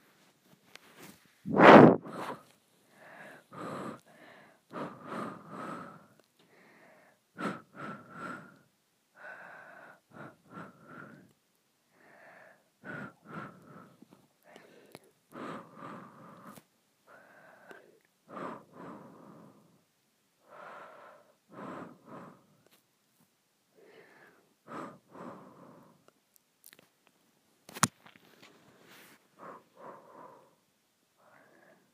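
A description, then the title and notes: Short breaths are blown out one after another, each a brief airy puff, spaced irregularly about every second over the whole stretch. A sharper, louder burst stands out near the start, and a thin click cuts in just before the end. ASMR Blowing Short Breaths.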